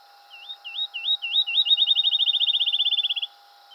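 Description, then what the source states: A field sparrow gives one high song of slow slurred whistles accelerating into a long rapid trill, then the start of another. Recorded 7 July 2007.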